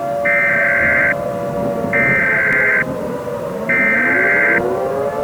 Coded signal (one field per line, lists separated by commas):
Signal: Emergency Alert System (SAME) tones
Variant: header bursts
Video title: EAS Scenario #4: World War III: The Alaskan Files (Part 4)